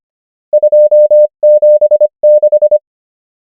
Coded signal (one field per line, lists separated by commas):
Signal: Morse code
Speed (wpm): 25 wpm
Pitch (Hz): 600 Hz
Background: none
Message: 276